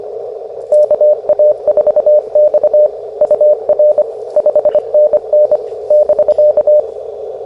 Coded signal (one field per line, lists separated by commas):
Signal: Morse code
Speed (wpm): 25 wpm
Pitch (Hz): 590 Hz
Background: radio noise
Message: KA4X UR 5NN <BK>